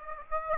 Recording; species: mosquito wingbeat signal from an infrared sensor; Aedes aegypti